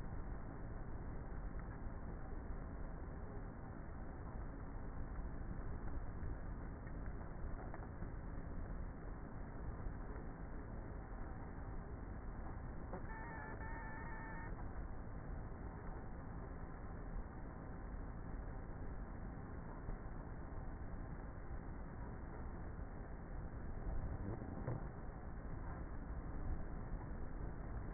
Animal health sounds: honeybee colony, microphone inside the hive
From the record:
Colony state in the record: queenless with a low population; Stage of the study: before two queens were removed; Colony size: about 30,000 bees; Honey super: no

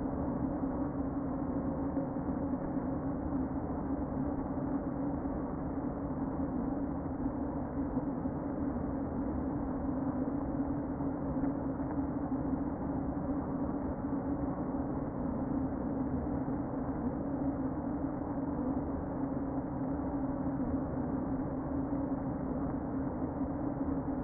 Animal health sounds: honeybee colony, microphone inside the hive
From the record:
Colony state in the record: queen present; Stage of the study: before two queens were removed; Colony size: about 60,000 bees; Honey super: yes

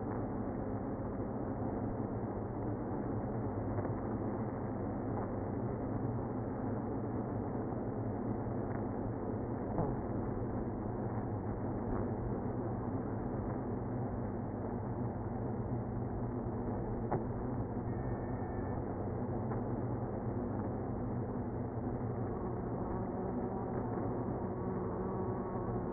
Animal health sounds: honeybee colony, microphone inside the hive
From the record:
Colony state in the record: queenless (queen removed); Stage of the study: after two queens were removed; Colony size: about 60,000 bees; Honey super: yes

